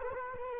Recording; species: mosquito wingbeat signal from an infrared sensor; Culex quinquefasciatus